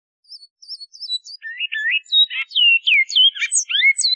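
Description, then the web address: Great-billed seed finch song: quick high whistled notes that grow into a fuller run of sliding, warbled phrases, getting louder toward the end. "cantos asdeouro"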